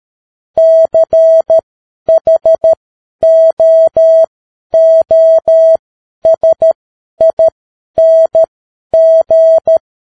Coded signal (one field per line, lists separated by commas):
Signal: Morse code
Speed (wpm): 13 wpm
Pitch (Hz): 650 Hz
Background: none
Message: CHOOSING